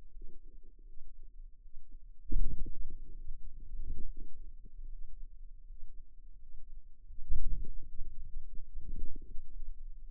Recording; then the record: forearm muscle sounds (acoustic myography)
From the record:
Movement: hand closing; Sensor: system 2, bracelet of six BSWA MPA416 microphones around the upper forearm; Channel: 3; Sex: female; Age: 23 years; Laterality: right